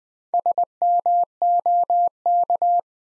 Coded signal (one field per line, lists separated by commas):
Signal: Morse code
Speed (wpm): 20 wpm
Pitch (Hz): 700 Hz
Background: none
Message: SMOK